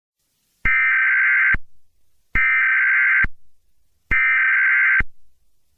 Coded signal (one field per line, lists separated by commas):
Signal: Emergency Alert System (SAME) tones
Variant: header bursts